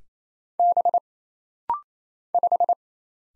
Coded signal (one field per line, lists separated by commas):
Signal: Morse code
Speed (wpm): 27 wpm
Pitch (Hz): 700 Hz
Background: none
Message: B 5